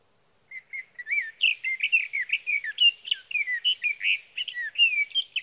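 Sage thrasher giving a sweet, slurred warble that begins with a few soft notes and builds into a steady, varied flow of rapid phrases.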